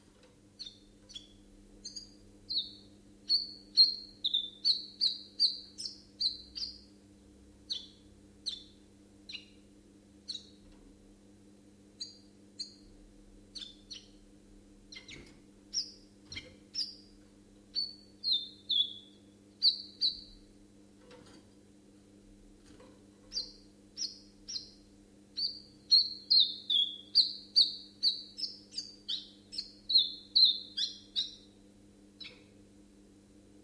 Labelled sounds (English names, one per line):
Common Chiffchaff song